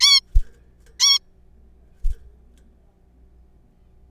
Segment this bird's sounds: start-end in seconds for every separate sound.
0.01-0.21, 1.00-1.18